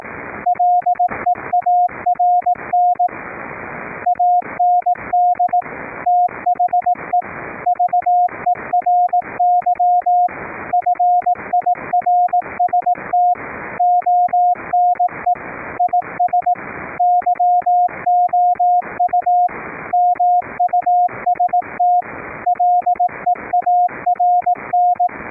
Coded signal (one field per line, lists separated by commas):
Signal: Morse code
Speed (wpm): 18 wpm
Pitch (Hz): 710 Hz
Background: radio noise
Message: LEARN AND THE VERY FIRST ONE IS YOU MUST LEARN